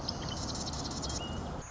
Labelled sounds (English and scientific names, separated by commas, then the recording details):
Marsh Wren (Cistothorus palustris)
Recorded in Sonoma County, California